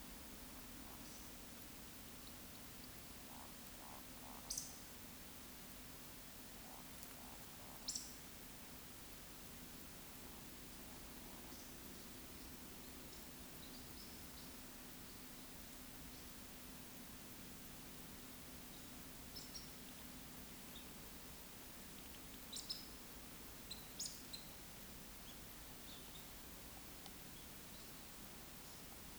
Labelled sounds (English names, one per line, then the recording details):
Eurasian Woodcock whistle
Eurasian Woodcock croak
Eurasian Woodcock chase call
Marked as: croak, whistle, croak, whistle, croak, whistle, croak, whistle, woodcock, chase
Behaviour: display flight
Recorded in Baden-Württemberg, Germany, on 16 June 2021 at 20:17 UTC
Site 18672, 474 m above sea level